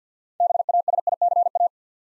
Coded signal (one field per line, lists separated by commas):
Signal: Morse code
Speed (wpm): 50 wpm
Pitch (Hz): 700 Hz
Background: none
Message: BASICA